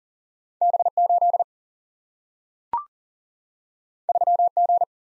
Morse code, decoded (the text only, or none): B 8 3 G